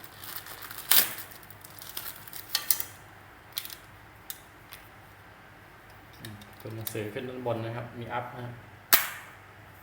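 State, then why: Seated. A plastic Panasonic duplex grounded wall power socket module is pressed by hand into its mounting plate frame while someone talks. Several small taps and knocks come earlier in the clip, then one sharp click at 8.9 s as the module snaps in and seats.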